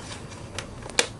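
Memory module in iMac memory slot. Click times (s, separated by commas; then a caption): 1.0 s. A plastic lever is pulled to eject a memory module from the memory slot of a Mid 2007 iMac. Faint ticks and rustling lead up to a sharp, bright snap at 1.0 s as the module's latch releases.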